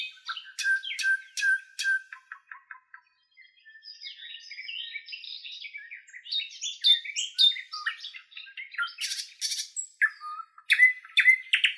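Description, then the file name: Nightingale song: sharp clicking notes, a brief dry rattle, then a long varied jumble of chattering, whistled and rattling phrases. "solovey"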